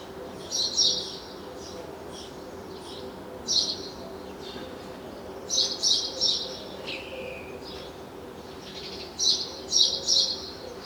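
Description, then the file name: House sparrow chirping in clusters of one to three quick notes separated by pauses, plus a brief lower rasping note midway and soft background hum. "Passer domesticus"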